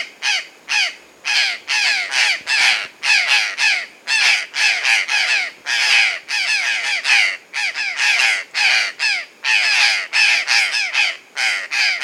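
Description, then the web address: Purplish jay giving many loud, rasping calls in quick succession, some running together. South America. "Natures Songs S America Purplish Jay (Cyanocorax cyanomelas)"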